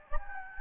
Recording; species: mosquito wingbeat signal from an infrared sensor; Anopheles gambiae